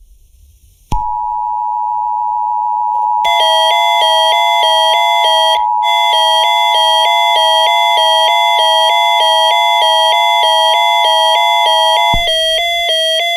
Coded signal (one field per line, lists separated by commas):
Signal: Emergency Alert System (SAME) tones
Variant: 853 and 960 Hz attention tone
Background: music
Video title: EAS Scenario 3|| Rain Rain Go Away part 2